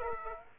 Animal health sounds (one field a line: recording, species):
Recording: mosquito wingbeat signal from an infrared sensor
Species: Aedes aegypti